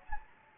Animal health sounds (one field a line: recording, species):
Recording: mosquito wingbeat signal from an infrared sensor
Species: Anopheles gambiae